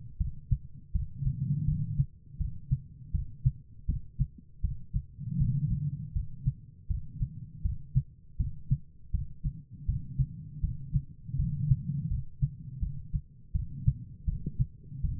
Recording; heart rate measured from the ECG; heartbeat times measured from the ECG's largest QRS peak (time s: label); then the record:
heart sounds by stethoscope; 81 bpm
0.18 s: heartbeat
0.93 s: heartbeat
1.66 s: heartbeat
2.38 s: heartbeat
3.12 s: heartbeat
3.86 s: heartbeat
4.62 s: heartbeat
5.38 s: heartbeat
6.13 s: heartbeat
6.88 s: heartbeat
7.62 s: heartbeat
8.37 s: heartbeat
9.12 s: heartbeat
9.86 s: heartbeat
10.61 s: heartbeat
11.37 s: heartbeat
12.09 s: heartbeat
12.80 s: heartbeat
13.53 s: heartbeat
14.26 s: heartbeat
15.02 s: heartbeat
From the record:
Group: healthy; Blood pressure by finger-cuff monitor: 101/67 mmHg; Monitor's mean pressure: 82 mmHg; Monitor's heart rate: 81 bpm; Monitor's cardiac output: 5.3 L/min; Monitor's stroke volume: 66 mL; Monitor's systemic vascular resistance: 1110 dyn s/cm5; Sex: female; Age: 51 years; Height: 162 cm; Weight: 70.04 kg